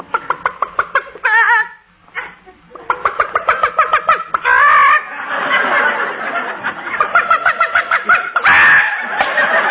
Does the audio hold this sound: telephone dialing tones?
no